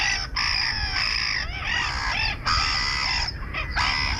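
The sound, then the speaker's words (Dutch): Black-headed gulls give harsh, raspy, drawn-out calls, several in a row with brief breaks between them, loud and steady throughout, with no voices. “De kokmeeuw.”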